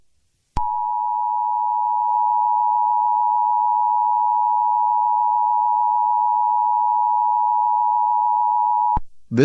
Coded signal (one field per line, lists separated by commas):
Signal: Emergency Alert System (SAME) tones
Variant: 853 and 960 Hz attention tone